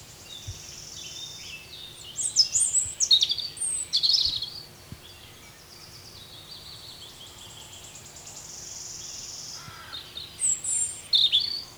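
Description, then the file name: European robin singing two phrases of high, thin, tumbling whistles and trills, the first longer, with a long quiet gap of faint hiss between them. "Erithacus rubecula"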